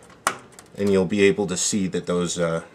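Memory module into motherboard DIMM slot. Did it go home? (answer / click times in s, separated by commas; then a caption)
yes / 0.3 s. A memory module is pressed down on its remaining side into a motherboard DIMM slot, and the plastic retaining holder snaps up to grip it with a sharp click at 0.3 s. The holder snapping up shows the module is fully seated, and someone talks afterward.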